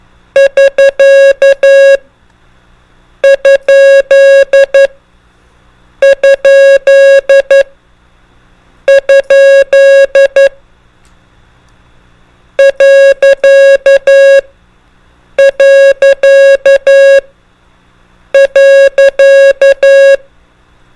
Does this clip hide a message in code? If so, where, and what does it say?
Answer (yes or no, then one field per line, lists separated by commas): yes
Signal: Morse code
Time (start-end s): 0.4-20.2 s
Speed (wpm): 11 wpm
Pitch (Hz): 550 Hz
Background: music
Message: <SK> ? ? ? . . .